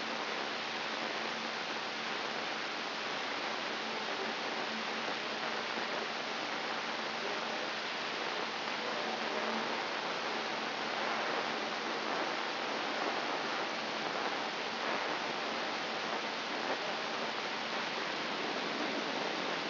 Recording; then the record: brain microelectrode recording played as sound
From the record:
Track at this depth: inside the subthalamic nucleus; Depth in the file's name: 5.934 mm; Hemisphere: right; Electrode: 3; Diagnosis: Parkinson's disease